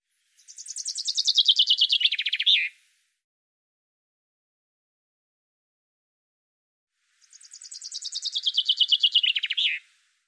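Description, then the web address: Common chaffinch song given twice: a cascading series of notes that descends and ends in a short terminal flourish, with a long pause between. "Deverinetal 2025 File cleaned normalized Bird Fr Co"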